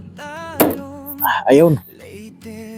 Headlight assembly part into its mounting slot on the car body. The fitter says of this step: Ayun, nag-lock na siya mga kamix.